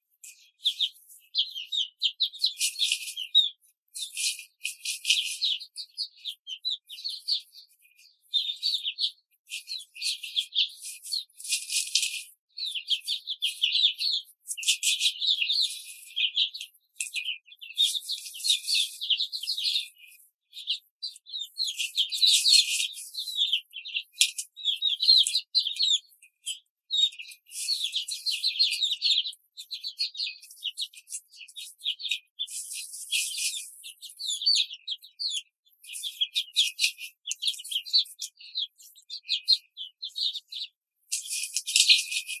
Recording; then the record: young laying hens in a cage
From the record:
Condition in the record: control cage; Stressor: none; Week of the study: 5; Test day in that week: 1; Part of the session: 3